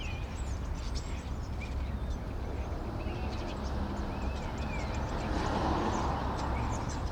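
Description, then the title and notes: Common starling giving thin whistles and squeaky chatter, several slurred notes rising and falling, over a steady low rumble of city traffic. Several starlings perched on a crane in an inner courtyard at Rue Tasson-Snel 9, Saint-Gilles, Belgium; recorded with a Sony PCM-M10. "Rue Tasson-Snel 9, 1060 Saint-Gilles, Belgique - Étourneaux - Starlings. Étourneaux sur une grue, intérieur dîlot. Starlings on a crane, Inner courtyard"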